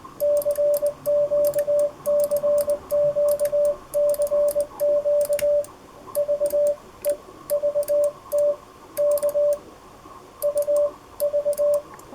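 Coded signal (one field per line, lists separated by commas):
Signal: Morse code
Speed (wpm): 20 wpm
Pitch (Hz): 580 Hz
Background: radio noise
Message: CQCQCQ VEVT K UV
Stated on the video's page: Morse sent with a homemade electronic key pad with Mino-ware base and 3D printed parts.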